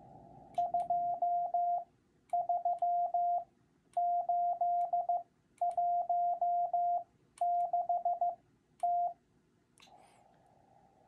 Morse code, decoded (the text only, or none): 23816T